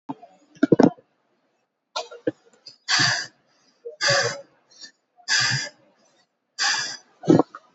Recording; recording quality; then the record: shallow breathing; moderate, slight background noise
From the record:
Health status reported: COVID-19 positive, no symptoms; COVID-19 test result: positive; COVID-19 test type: rapid antigen test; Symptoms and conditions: another condition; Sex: female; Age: 26 years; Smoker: no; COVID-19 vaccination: both doses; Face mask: not worn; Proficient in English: yes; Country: India